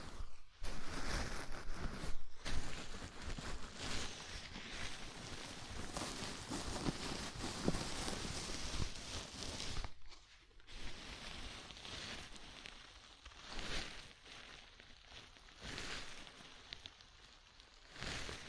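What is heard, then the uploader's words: A scalp massage: dense, continuous rubbing and scratching fills the first ten seconds, with quick bursts of rustle riding over it. After a brief gap the strokes grow softer and sparser, coming in separate swishes every second or two until the end. ASMR Sleepy Scalp Massage (No Talking).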